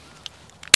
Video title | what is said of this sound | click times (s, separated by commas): クイックリリースプレートの新定番になるか！？ifootage「SEASTARS Q1」 | 申し込むとパチンとはまるとただこれだけの商品ですけどこれねー | 0.7 s